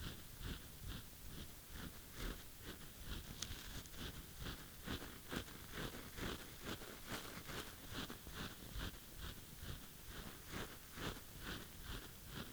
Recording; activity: daily activity, guitar pickup as the sensor; brush teeth